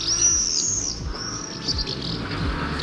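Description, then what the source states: Common swift: high, thin drawn-out screams, with low rumbling noise underneath. Heard yesterday afternoon at Ottestad, Norway, by a veranda railing with three nests about a metre overhead; twelve swifts counted flying a display.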